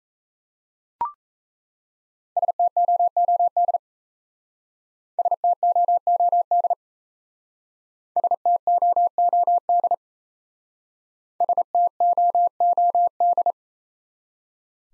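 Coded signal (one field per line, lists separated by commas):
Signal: Morse code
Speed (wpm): 35 wpm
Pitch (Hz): 700 Hz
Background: none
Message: STOOD STOOD STOOD STOOD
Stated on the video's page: Top 500 words Morse drill in speed-racing format, starting fast and slowing to a 28 wpm base.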